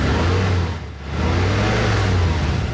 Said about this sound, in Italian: È un Infinity, sportività allo stato puro. È il sound del nuovo motore V6 Infinity ad alte prestazioni. Non sembra, eppure è un diesel.